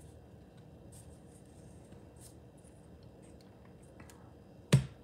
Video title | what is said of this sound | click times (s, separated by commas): Popsicle Stick Fence | There we go, clicked into place. | 4.7 s